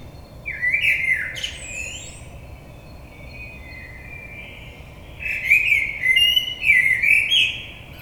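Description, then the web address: Common blackbird singing two fluting, warbling phrases separated by a pause of a few seconds, each mixed with scratchy high-pitched twittering notes. 22 May 2022. "oiseaux Merle 2022 05 22"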